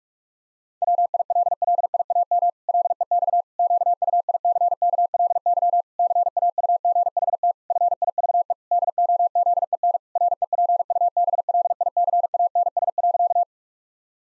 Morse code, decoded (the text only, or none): WILLIAM LEX QUICKLY CAUGHT FIVE DOZEN REPUBLICANS.